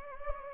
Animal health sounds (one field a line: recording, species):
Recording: mosquito wingbeat signal from an infrared sensor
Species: Anopheles gambiae